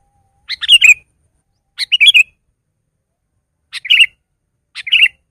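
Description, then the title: Sooty-headed bulbul song of four brief, bubbly, chattering phrases, the first pair close together, then a pause before the last two. "kutilang"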